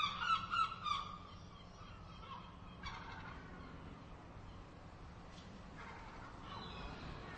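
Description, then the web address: Gull calls, a burst of harsh, nasal cries in the first second, then a quieter stretch with scattered calls over a steady low background rumble. "raw seagulls"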